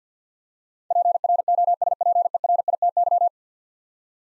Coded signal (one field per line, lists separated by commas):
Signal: Morse code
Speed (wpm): 47 wpm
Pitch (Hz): 700 Hz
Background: none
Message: PROSPERITY